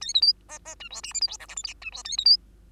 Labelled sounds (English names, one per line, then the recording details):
Bengalese Finch song
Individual Bird2